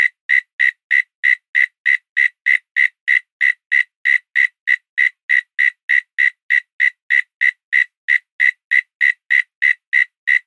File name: zapsplat animal insect cricket lone call night australia autumn